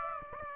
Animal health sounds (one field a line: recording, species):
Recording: mosquito wingbeat signal from an infrared sensor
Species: Aedes aegypti